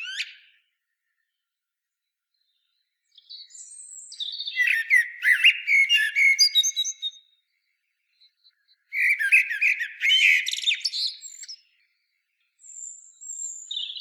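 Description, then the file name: Common blackbird song: several phrases of varied warbled whistles and squeaky twittering, mostly high-pitched, separated by pauses. "Turdus merula"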